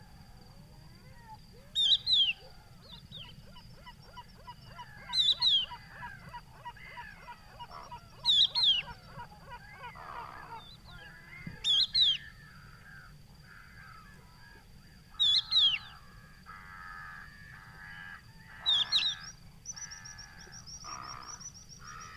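An unseen bird hidden in the Camargue salt marsh gives a loud, sharp double cry roughly every three seconds, six times over. Between the calls, a busy layer of other birds chatters and trills, over a steady low rumble and a thin constant high whine.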